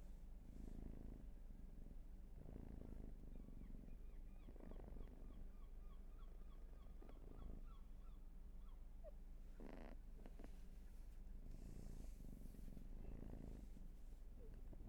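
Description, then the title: Cat purring in a low, steady rumble that swells with each breath. "Field Recs Purrathon RAW"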